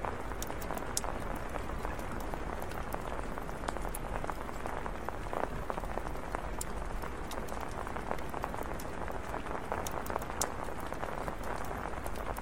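Heavy rain drums steadily on a tarp, a dense patter with frequent bright drop hits scattered throughout, over a constant low rumble.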